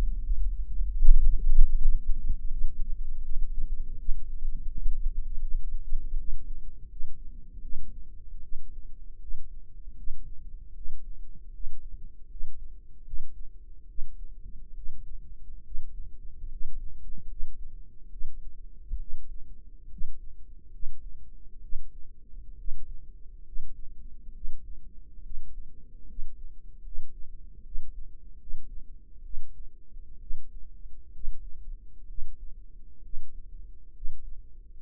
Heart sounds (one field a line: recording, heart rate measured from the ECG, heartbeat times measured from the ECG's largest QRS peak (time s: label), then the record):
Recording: heart sounds by microphone in the right ear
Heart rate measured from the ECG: 73 bpm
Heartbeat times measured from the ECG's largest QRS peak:
0.21 s: heartbeat
1.00 s: heartbeat
1.77 s: heartbeat
2.48 s: heartbeat
3.22 s: heartbeat
3.97 s: heartbeat
4.67 s: heartbeat
5.40 s: heartbeat
6.16 s: heartbeat
6.88 s: heartbeat
7.61 s: heartbeat
8.41 s: heartbeat
9.19 s: heartbeat
9.95 s: heartbeat
10.74 s: heartbeat
11.51 s: heartbeat
12.28 s: heartbeat
13.04 s: heartbeat
13.87 s: heartbeat
14.74 s: heartbeat
15.63 s: heartbeat
16.48 s: heartbeat
17.27 s: heartbeat
18.09 s: heartbeat
18.98 s: heartbeat
19.88 s: heartbeat
20.70 s: heartbeat
21.60 s: heartbeat
22.56 s: heartbeat
23.43 s: heartbeat
24.33 s: heartbeat
25.22 s: heartbeat
26.06 s: heartbeat
26.82 s: heartbeat
27.63 s: heartbeat
28.38 s: heartbeat
29.22 s: heartbeat
30.19 s: heartbeat
31.11 s: heartbeat
32.07 s: heartbeat
33.02 s: heartbeat
33.92 s: heartbeat
34.81 s: heartbeat
From the record:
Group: healthy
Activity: cold pressor test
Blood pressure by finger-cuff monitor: 82/56 mmHg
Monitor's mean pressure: 65 mmHg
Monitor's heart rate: 74 bpm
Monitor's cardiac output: 5.5 L/min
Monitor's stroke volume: 78 mL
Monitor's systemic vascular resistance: 830 dyn s/cm5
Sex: female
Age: 22 years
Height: 163 cm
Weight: 67.1 kg